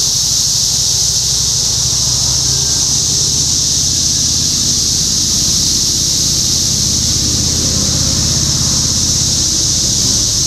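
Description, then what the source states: Cicadas droning in a continuous high buzzing chorus. Topeka, Kansas; 14 June 2015.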